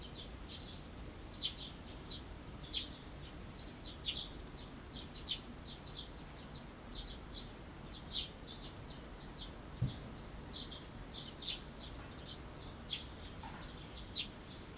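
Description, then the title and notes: Small birds giving quick high chirps in irregular bursts, several sharp notes standing out, with a low steady rumble of background noise throughout. Small birds singing after rain in a small garden tucked in a corner of Yushima Tenjin shrine, Tokyo, Japan, surrounded by buildings; binaural recording. "小鳥のさえずり、雨上がりの庭園にて（Binaural）- Birds singing in the garden. 湯島天神の片隅にある小さな庭園で録音しました。"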